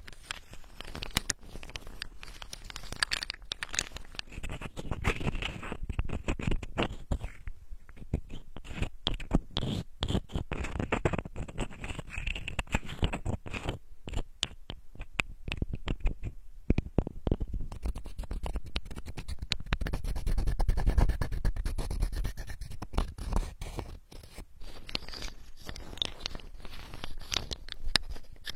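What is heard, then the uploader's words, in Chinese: Macadamia nuts make a busy run of crackling, scraping and tapping sounds, with sharp clicks arriving in quick irregular clusters throughout. A low rumbling swells in the middle and again just after twenty seconds, while a faint steady hiss sits underneath. 夏威夷坚果好听的声音。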